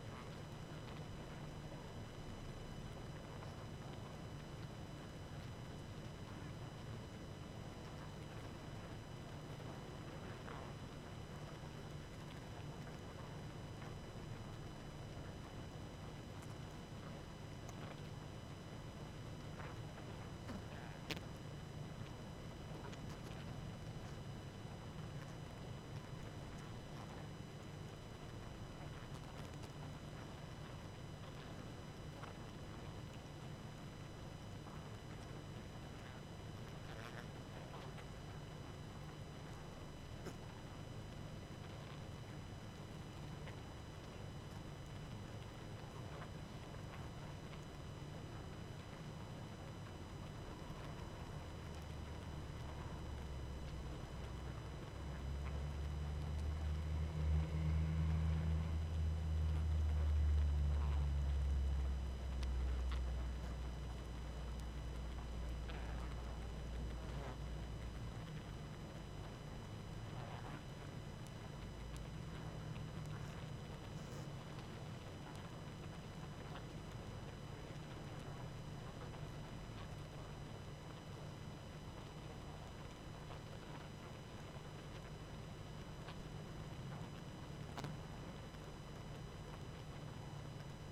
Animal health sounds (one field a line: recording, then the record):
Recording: honeybee colony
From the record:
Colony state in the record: active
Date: 12 June 2018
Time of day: 22:01